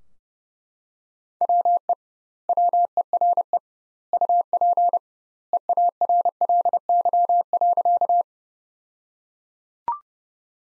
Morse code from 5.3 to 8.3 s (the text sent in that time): EARLY.